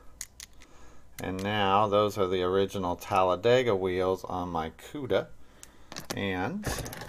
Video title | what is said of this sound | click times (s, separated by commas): Episode 94 Customs Part 01 Rivets And Swapping Wheels | these guys will just snap right into place | 0.2 s, 0.4 s